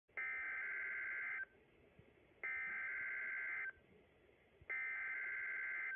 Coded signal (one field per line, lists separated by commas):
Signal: Emergency Alert System (SAME) tones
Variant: header bursts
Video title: Indian Point EAS Test (2/14/18)